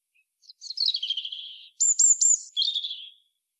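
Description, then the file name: European robin singing: a thin high warble, then three sharp descending high notes and a closing trilled phrase, no other sounds. "Erithacus rubecula"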